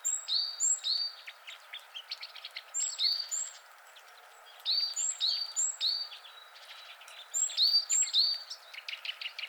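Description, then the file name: Great tit song: clear repeated two-note phrases in several short bursts, over a constant background hiss. "Parus major"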